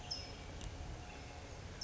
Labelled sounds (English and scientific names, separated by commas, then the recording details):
California Towhee (Melozone crissalis)
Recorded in Sonoma County, California